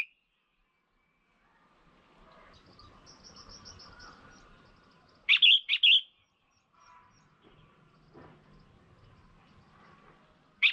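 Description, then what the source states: Red-whiskered bulbul: rapid burst of three bright chattering notes, preceded by faint high ticking, then another note at the end. Female bird.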